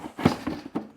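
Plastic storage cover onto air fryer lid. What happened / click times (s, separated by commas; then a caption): The plastic cover is being handled and has not locked yet / none. A plastic protective storage cover is placed on a flipped Instant Pot air fryer lid and turned to lock it on for storage. Soft plastic scraping and handling sounds come in short bursts, the strongest at about 0.3 s, 0.5 s and 0.8 s. The cover is still being handled and nothing has seated or clicked yet.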